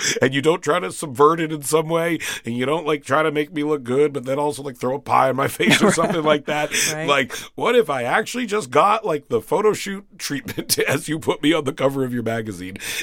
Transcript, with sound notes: and you don't try to subvert it in some way and you don't, like, try to make me look good but then also, like, throw a pie on my face or something like that.
(Laughter) Right.
Like, what if I actually just got, like, the photoshoot treatment as you put me on the cover of your magazine?